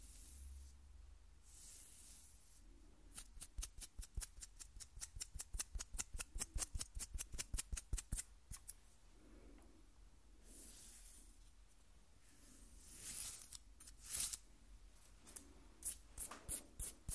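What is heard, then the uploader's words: Skin scratching in a rapid, regular run of crisp strokes from about three to eight seconds, each a sharp bright scrape. Slower, softer rubbing swells come before and after, with a few louder scratchy bursts around thirteen to fourteen seconds over a low steady hum. ASMR Skin Scratching 1 Hour (No Talking).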